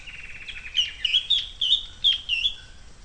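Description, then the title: Bird song: a lively run of warbled, whistled notes rising and falling quickly, phrases following one another without pause over a faint low background hiss. "LuckyPassaro Completos2Sama"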